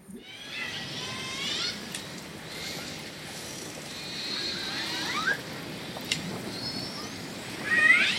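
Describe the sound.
Orca whistles and calls: several rising, harmonic-rich squeals and sweeping whistles over a steady hiss of underwater noise, louder near the end.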